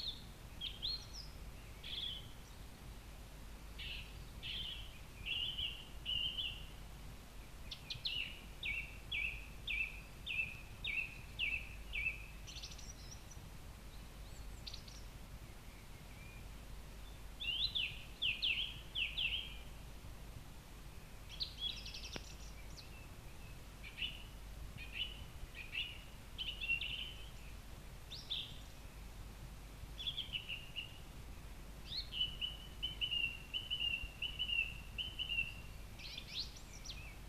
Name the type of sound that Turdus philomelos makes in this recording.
song